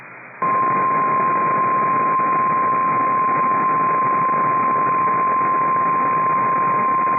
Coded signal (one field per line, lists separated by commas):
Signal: Emergency Alert System (SAME) tones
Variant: 1050 Hz attention tone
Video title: EAS Timeline | Destructive February PDS Tornadoes in Wisconsin and AMBER Alerts | NOAA Weather Radio